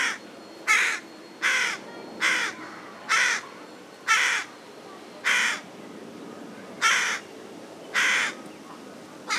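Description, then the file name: Carrion crow repeating short, hoarse caws, about nine in a run, spaced a second or so apart. "Corvus corone"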